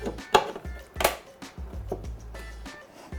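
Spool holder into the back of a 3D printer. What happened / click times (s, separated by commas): The plastic holder snapped into its mount / 0.4 s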